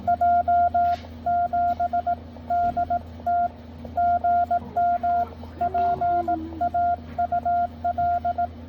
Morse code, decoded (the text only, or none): J7DT GM PAUL